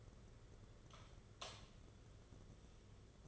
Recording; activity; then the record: daily activity, microphone in the room; light off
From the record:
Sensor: 4